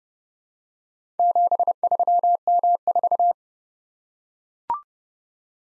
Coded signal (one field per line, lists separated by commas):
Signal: Morse code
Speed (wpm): 28 wpm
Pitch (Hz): 700 Hz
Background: none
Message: 73M4